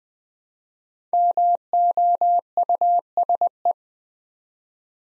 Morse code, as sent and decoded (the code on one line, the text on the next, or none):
-- --- ..- ... .
MOUSE